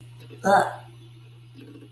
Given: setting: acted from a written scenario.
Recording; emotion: vocal sound without words; disgust